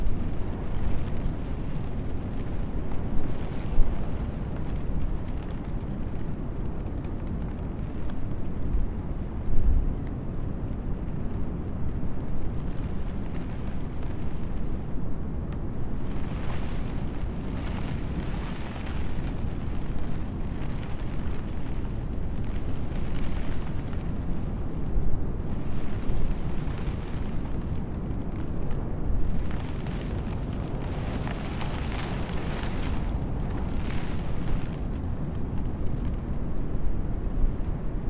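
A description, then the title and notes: A storm rumbles around a camper van at night, a deep, steady roar pressing on the walls from start to finish. Brighter hissing surges of wind and rain sweep in every few seconds, clustering more often in the second half. Stormy Night in a Cozy Camper Van. Nestled by the sea in the embrace of a vintage VW Camper Van, find yourself in the heart of a stormy evening. The rhythmic patter of rain on the windows.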